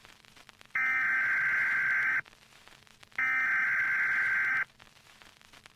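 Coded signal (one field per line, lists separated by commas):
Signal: Emergency Alert System (SAME) tones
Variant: header bursts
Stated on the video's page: Simulated deep-fake EAS alarm using valid tones.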